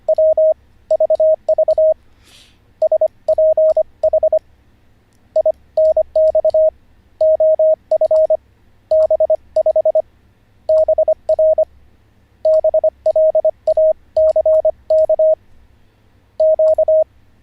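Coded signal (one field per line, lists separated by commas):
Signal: Morse code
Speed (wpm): 25 wpm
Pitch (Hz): 630 Hz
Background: none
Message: W VV SPH INX OF B5 BR BLACK Q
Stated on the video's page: Live Morse code learning session, day 44 of a lesson series.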